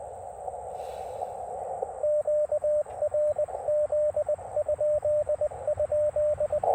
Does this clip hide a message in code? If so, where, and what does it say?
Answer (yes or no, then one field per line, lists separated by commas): yes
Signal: Morse code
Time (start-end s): 2.0-6.6 s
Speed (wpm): 20 wpm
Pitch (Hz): 590 Hz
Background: radio noise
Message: QRZ??